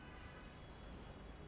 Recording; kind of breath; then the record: one breath in and out by a microphone near the nose and mouth; normal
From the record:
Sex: male